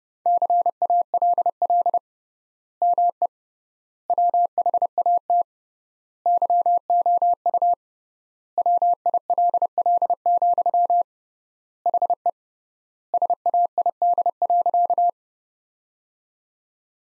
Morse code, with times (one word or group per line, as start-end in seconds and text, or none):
0.3-2.0 CALL
2.8-3.3 ME
4.1-5.4 WHAT
6.3-7.7 YOU
8.6-11.0 WILL,
11.9-12.3 HE
13.1-15.1 SAID.